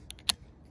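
On a 2014 Buick LaCrosse, a flat-blade screwdriver pries up the plastic retaining clip on the wiper blade connector on the wiper arm. Two faint ticks at 0.1 and 0.2 seconds lead up to a sharp, bright snap at 0.3 seconds as the clip pops open and releases.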